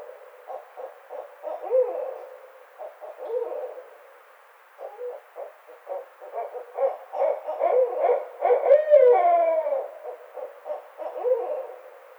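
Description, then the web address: Barred owls in an excited, overlapping bout of hoots, cackles and wavering descending wails, rising and falling in intensity throughout. Recorded on 29 May 2009. "Barred Owl 2009 05 29"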